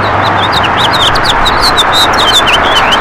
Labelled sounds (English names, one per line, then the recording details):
House Finch song
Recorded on Long Island, New York, on 14 June 2012
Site CH
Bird A